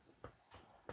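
The plastic front bezel of a VCR, which has not fully seated, is pushed onto the VCR chassis. Short bursts of handling noise are heard at about 0.2 s, 0.5 s and 0.9 s over a quiet background. Nothing has seated or clicked into place yet.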